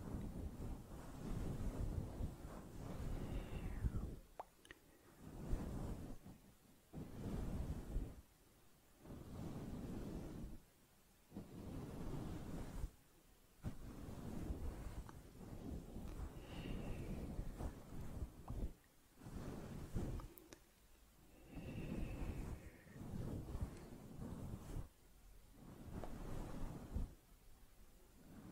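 Soft, slow mouth sounds and fluffy mic brushing come in repeated low, rumbling swells every second or two, broken by short quiet gaps and faint clicks.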